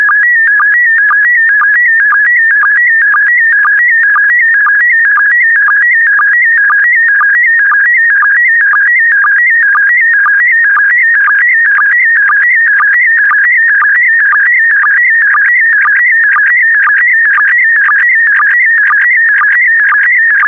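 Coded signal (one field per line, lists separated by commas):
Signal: SSTV (slow-scan television)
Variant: PD120 mode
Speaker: complete you can now check your decoded image against the picture that is shown on the video that concludes the daily transmission of slow scan tv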